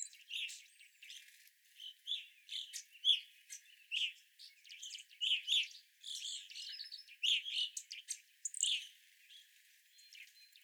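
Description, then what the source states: Evening grosbeaks calling, short, loud, slurred chirps in quick uneven bursts. Several evening grosbeaks, recorded 25 April 2021.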